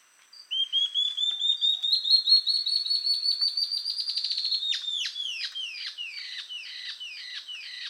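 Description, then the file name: Ocellated antbird singing a rising, accelerating series of whistles that runs into a string of strong descending slurred notes. Subspecies mcleannani. "Ocellated Antbird Phaenostictus mcleannani mcleannani"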